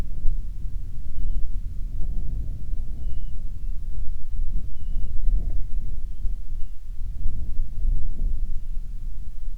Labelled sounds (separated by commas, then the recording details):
wind
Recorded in the Prudhoe Bay oil fields, Alaska, on 25 July 2019 at 02:52
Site 11